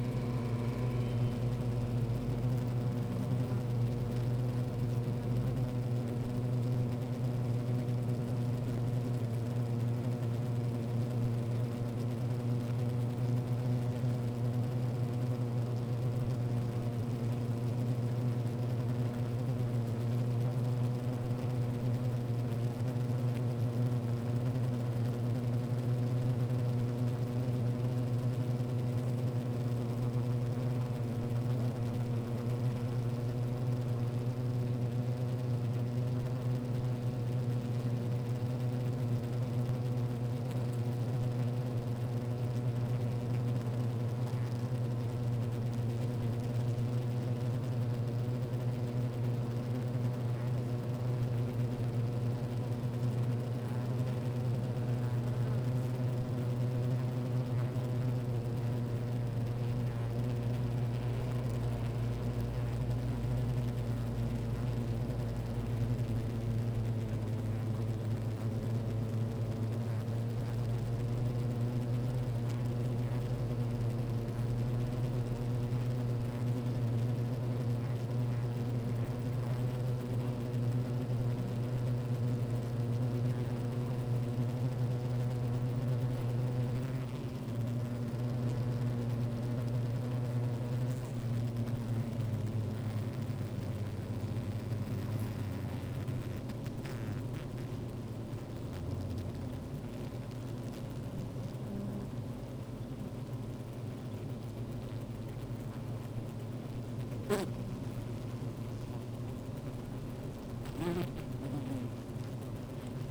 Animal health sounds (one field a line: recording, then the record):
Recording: honeybee colony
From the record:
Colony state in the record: active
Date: 28 July 2017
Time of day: 15:31